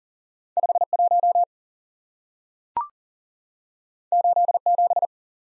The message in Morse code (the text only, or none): 51 87